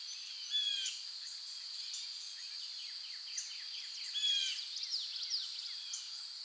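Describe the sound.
Birds singing in a busy chorus of chirps, downward-sweeping notes and short clear whistles, over a steady high-pitched hum throughout.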